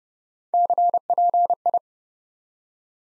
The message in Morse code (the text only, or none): CPI